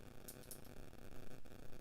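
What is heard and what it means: A tactile push button with metal legs is handled over a plastic breadboard, about to be pressed down hard so its legs seat in the holes. Only low, steady background noise is heard, with faint high hissy touches near 0.3 and 0.5 seconds. Nothing has seated or clicked yet.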